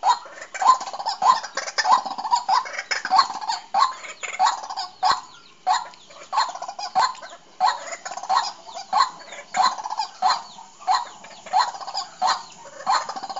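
Bird giving repeated chattering phrases, each a quick cluster of harsh notes, recurring in a fairly steady rhythm.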